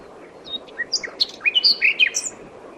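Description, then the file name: Common nightingale song phrase full of varied notes: quick slurred whistles sweeping up and down, tumbling chirps and a bright high finish, over faint hiss. "Luscinia megarhynchos"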